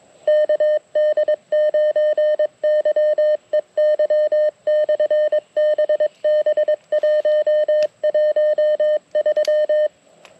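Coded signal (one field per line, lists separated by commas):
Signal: Morse code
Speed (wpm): 22 wpm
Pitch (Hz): 610 Hz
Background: none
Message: KD9YEY/BB113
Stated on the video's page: CW heard during the Flight of the Bumblebees event, the operator's first non-POTA CW event.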